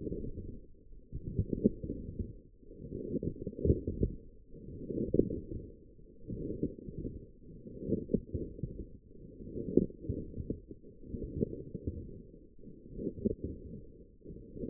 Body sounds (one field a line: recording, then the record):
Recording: forearm muscle sounds (acoustic myography)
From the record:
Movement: forearm pronation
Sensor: system 1, eight BSWA MPA416 microphones around the upper forearm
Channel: 7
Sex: female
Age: 21 years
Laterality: right